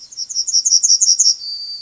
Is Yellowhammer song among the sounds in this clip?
yes